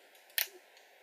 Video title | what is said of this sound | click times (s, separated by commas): SOC GX-60 GodSigma Review ( Bandai Soul of Chogokin God Sigma ) | kind of tabs in you'll feel it Lock And Then There we have basically God sigma's thighs | 0.4 s